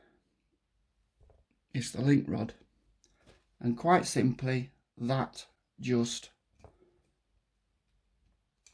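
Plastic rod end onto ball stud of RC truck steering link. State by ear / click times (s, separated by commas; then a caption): seated / 8.7 s. Someone talks while a plastic crank link rod end is pressed onto a ball stud on the front steering linkage of a Tamiya King Hauler RC truck's front steer axle. A short, sharp snap is heard at 8.7 s as the rod end seats onto the ball stud.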